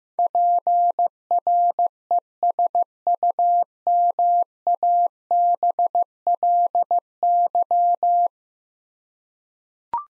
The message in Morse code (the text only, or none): PRESUMABLY